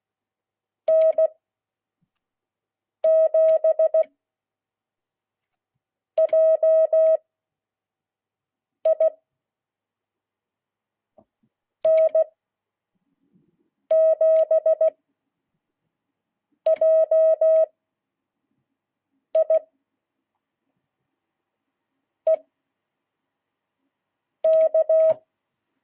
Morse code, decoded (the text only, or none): N7JI N7JI EK